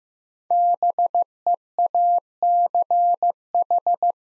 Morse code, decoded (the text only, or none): BEACH